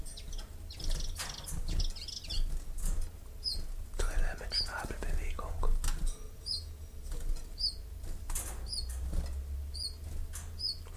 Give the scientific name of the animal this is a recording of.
Phylloscopus collybita